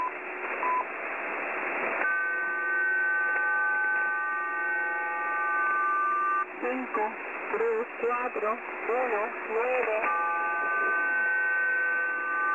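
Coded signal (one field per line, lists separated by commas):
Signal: numbers station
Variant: M08a / HM01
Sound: rushing hiss, then a chord of steady tones, a brief voice, then tones again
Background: radio static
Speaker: you can also hear the variant of M mo8 um a which is a variant that placed hmo1 um in and then randomly it becomes hmo1 um so I'm going to play the clip right [Applause] [Applause] now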